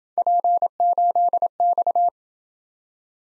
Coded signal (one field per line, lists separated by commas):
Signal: Morse code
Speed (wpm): 26 wpm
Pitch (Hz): 700 Hz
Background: none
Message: P8X